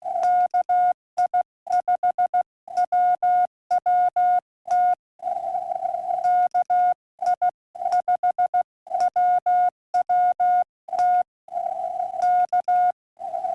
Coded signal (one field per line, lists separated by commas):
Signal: Morse code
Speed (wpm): 16 wpm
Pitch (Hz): 1440 Hz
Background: none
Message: KI5WWT KI5WWT K